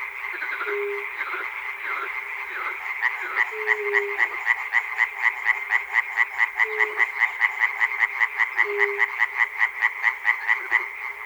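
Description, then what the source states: Frogs croaking together, the rattling chorus building into a steady rapid pulse after a few seconds, with occasional lower sustained notes every few seconds. Frogs recorded at Chernobyl.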